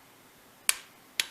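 A small torque wrench tightens a nut on a Hummer H1 gear hub until it clicks at 90 inch-pounds, with a sharp, snap-like click at 0.7 s confirming the setting was reached. A second, slightly softer click follows at 1.2 s against a quiet background.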